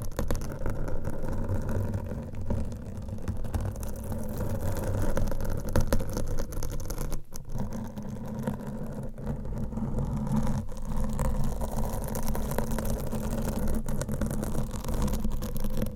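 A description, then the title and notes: Nails scratch and rub directly against a microphone, making a dense, continuous low rumble close to the ear. Quick rasping strokes run throughout without pause, with brief breaks near seven and ten and a half seconds before the scratching resumes just as thickly. Mic Scratching - Brain Scratching with Different Nail Shapes. No Talking.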